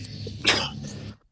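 A single sharp, hissy burst of air lasts about a fifth of a second, over a steady low studio hum. It is one ordinary sneeze from an adult man, a radio host sneezing on air after turning partly off camera.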